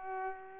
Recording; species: mosquito wingbeat signal from an infrared sensor; Culex pipiens